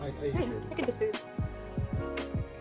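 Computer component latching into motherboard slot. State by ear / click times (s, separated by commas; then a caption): seated / 2.2 s. During a PC build, a computer component is pushed down into its motherboard slot while someone talks. Its latch clicks in sharply at 2.2 s, and the part is seated with a good click.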